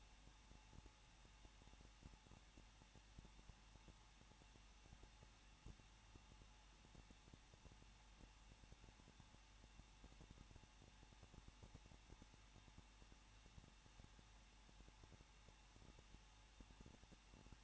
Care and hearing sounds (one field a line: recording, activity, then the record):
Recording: daily activity, microphone in the room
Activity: no activity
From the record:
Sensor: 1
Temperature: 20.1 degrees Celsius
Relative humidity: 39.1%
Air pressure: 1006.3 hPa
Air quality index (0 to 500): 217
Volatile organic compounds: 76 ppm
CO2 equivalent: 3572 ppm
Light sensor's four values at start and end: 1/2/1/1 and 1/2/1/1